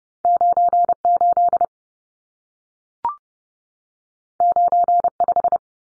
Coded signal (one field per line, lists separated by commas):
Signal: Morse code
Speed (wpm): 30 wpm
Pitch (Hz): 700 Hz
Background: none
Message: 98 95